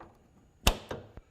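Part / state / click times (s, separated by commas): hood strut end fitting retaining clip on the ball stud of a car hood / seated / 0.7 s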